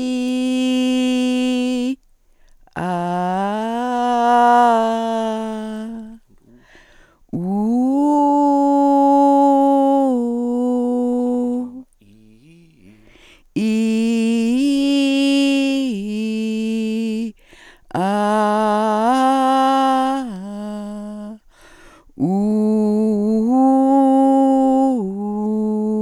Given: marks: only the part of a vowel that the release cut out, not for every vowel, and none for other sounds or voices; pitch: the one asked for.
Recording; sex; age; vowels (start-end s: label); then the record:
sustained vowels; female; 60 to 69 years
0.28-1.81 s: vowel /i/, high pitch
4.12-4.65 s: vowel /a/, high pitch
8.23-9.57 s: vowel /u/, high pitch
14.31-16.30 s: vowel /i/, low-high-low pitch
18.71-20.70 s: vowel /a/, low-high-low pitch
23.73-25.34 s: vowel /u/, low-high-low pitch
From the record:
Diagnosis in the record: dysodia (singing voice disorder), hyperfunctional dysphonia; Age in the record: 65 years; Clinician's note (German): Beginnende Altersstimme, hyperfunktionelle Kompensation